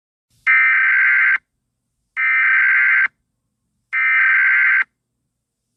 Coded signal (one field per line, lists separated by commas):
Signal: Emergency Alert System (SAME) tones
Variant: header bursts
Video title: EAS Mock: 9/11 Tribute (New Verison)